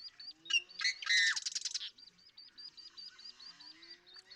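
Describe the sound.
Marsh Wren song: a brief jumbled burst of gurgling, rattling notes over a steady run of thin, high repeated notes from another bird that goes on after it.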